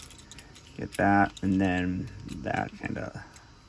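A plastic transformation part is being rotated and pressed toward the body of a plastic toy robot while someone talks, with faint small ticks of plastic handling around 0.3 to 0.7 s. The part is handled but not yet home; nothing has locked or seated into place yet.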